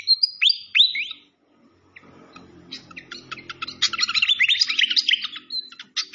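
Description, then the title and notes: Malaysian pied fantail song: a few clear upslurred whistles, then dense, fast chattering notes over a soft, low rushing background. Masteran (bird-training recording) of a clear-voiced bird, mixed with the sound of gurgling flowing water. "Masteran Sikatan Kipas Suara Jernih Dan Suara Gemericik Air. Suara Burung Sikatan Londo"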